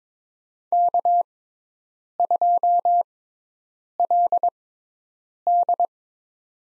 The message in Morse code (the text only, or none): K2LD